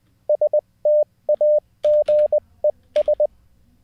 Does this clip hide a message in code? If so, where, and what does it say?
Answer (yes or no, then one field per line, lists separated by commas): yes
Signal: Morse code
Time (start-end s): 0.3-3.3 s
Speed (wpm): 20 wpm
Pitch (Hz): 600 Hz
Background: none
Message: STAGES